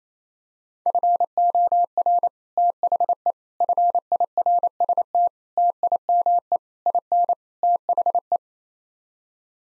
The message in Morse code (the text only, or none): FOR THE FIRST TIME IN THE